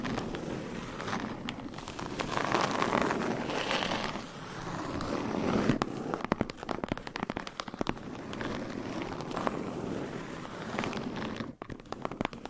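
Surface scratching and tapping fill the clip with a dense, continuous rasp and crackle. Sharp clicks and taps cluster thickly from about six seconds on, over a bed of rustling scrapes. Near eleven and a half seconds the sound briefly drops away before resuming.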